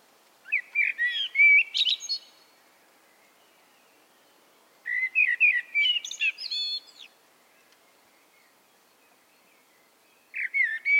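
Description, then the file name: Common blackbird delivering two separate song phrases, each of mellow warbled notes followed by a shrill, squeaky flourish, then the start of a third, with quiet gaps between. "Turdus merula"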